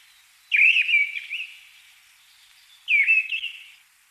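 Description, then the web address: Mistle thrush singing two brief, ringing, whistled phrases, each about a second long and slurred up and down, with a quiet gap between them. "Deryaba Turdus viscivorus - Penie. song Deryaba Turdus viscivorus - drozd deryaba"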